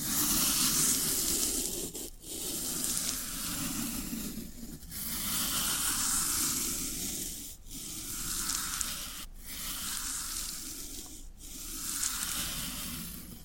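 Floral foam being rubbed and crumbled gives a continuous dry, crackly hiss with a soft low rumble beneath it. The scraping runs in long strokes, broken by brief pauses at about 2, 5, 7.5, 9 and 11 seconds before resuming at an even level.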